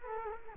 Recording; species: mosquito wingbeat signal from an infrared sensor; Culex quinquefasciatus